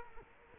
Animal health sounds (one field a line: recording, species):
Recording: mosquito wingbeat signal from an infrared sensor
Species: Culex quinquefasciatus